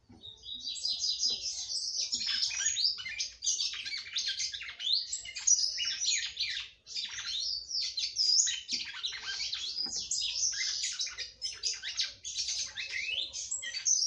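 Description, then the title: Continuous red-cowled cardinal song, a fast, dense stream of high twittering and warbling notes with barely a pause throughout. "Galo De Campina"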